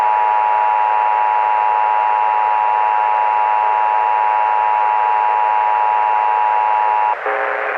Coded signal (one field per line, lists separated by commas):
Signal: Emergency Alert System (SAME) tones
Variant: 853 and 960 Hz attention tone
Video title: The National EAS Test Hijackings of 2011 (NOAA Weather Radio Retransmission) FOUND FOOTAGE/EAS MOCK